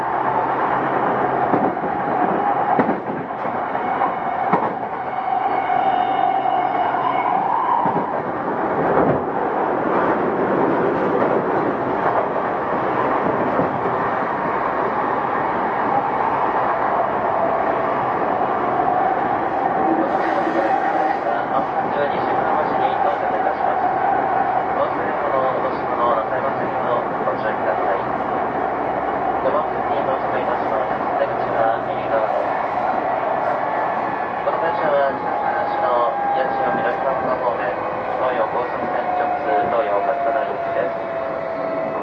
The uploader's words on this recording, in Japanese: 東京メトロ05系（ワイドドア車） 中野〜西船橋。快速運用を録音しました。今回はICレコーダー（Panasonic PR–XS460）を使いました。